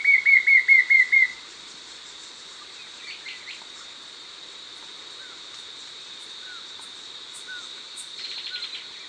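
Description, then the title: White-shouldered fire-eye song: a quick run of several clear whistled notes, each dropping in pitch, in just over a second, then faint scattered calls over a steady insect hum. "LuckyPassaro Completos2Sama. White-shouldered Fire-eye (Pyriglena leucoptera)"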